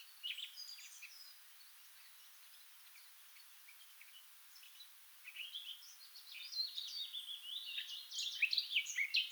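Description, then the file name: Eurasian blackcap warbling song, a few scattered high notes, a quieter spell, then a busier, louder run of quick chattering and fluty phrases over the last few seconds. "Sylvia atricapilla"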